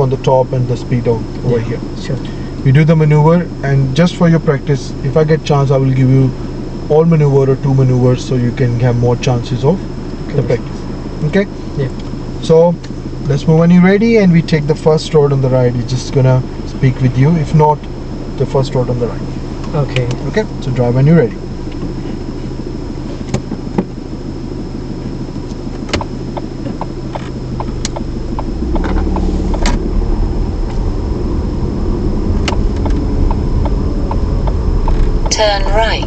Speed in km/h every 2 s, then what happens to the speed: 0, 0, 0, 0, 0, 0, 0, 0, 0, 0, 0, 0, 0, 2, 10, 11, 10, 11.
0-26 standing. 26-29 pulls away to 11. 29-36 steady at about 11.